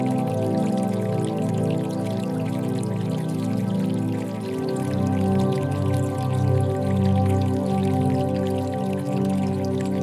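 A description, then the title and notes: Water flows gently with a fine, steady trickle and splash running through the higher range. A strong low, droning hum sits underneath the whole time, and it grows deeper and fuller from about the midpoint onward. Water Flowing Gently By - Frequency 432Hz.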